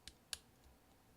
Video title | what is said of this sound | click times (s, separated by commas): 9 Key Replace mid-2010 13 inch Macbook Pro 1278 2.66 GHz MC375 Type J | take your finger press down until it snaps a couple times | 0.1 s, 0.3 s